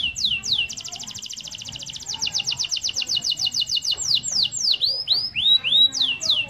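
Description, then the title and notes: Canary song of rapid repeated trilled notes shifting into slower looping whistled sweeps, lively and continuous. Canary master song, used to train other birds. "Suara Burung Kenari Masteran. master suara burung kenari mantap"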